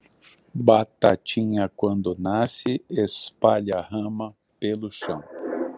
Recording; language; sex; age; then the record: short text; Brazilian Portuguese; male; 60 to 69 years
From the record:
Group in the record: control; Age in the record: 62 years